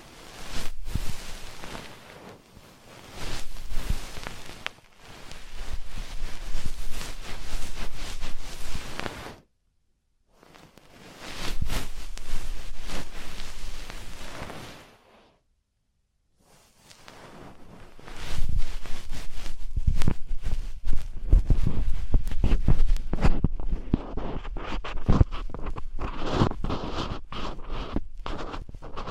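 Ear cleaning and earwax removal, with dense scratchy scraping and rustling close against the ear, coming in bursts separated by full silences near 9–11 and 15–17 seconds. After 23 seconds the scraping becomes choppier and brighter, with quick repeated clicks and strokes.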